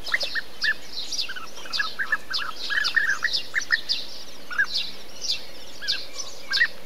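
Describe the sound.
Bee-eaters calling: many short rolling, liquid notes in a busy chatter, with faint background hiss.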